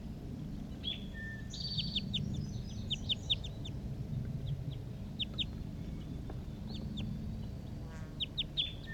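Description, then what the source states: Crossbill calls, clusters of sharp high chip notes given in quick series, pausing and resuming, over a low rumbling background. A male and a female crossbill approaching; the recordist had been recording a male in a treetop.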